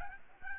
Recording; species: mosquito wingbeat signal from an infrared sensor; Aedes albopictus